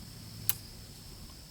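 A 1.5x interchangeable objective lens is lined up, finger mark to arrow, and pushed onto the body of a OneLeaf Commander NV500 Eagle digital night-vision rifle scope. A single sharp, brief click at 0.5 s rises above a low steady background hum, and the lens is seated.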